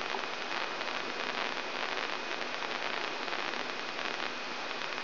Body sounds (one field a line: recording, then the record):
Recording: brain microelectrode recording played as sound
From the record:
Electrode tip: inside the subthalamic nucleus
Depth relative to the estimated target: 0 mm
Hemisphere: right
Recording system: AlphaMap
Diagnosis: Parkinson's disease